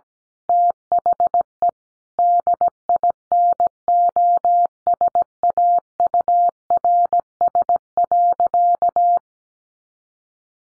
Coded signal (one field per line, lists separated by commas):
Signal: Morse code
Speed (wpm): 17 wpm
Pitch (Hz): 700 Hz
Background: none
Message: THE DINOSAURS.